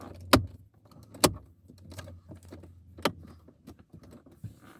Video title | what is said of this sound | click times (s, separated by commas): How to replace instrument cluster in Kia Sportage | Push it in until all the clips snap into place. | 0.3 s, 1.2 s, 3.1 s